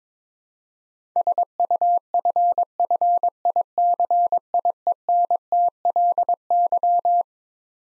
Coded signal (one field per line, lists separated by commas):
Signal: Morse code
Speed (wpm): 22 wpm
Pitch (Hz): 700 Hz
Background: none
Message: SUFFICIENTLY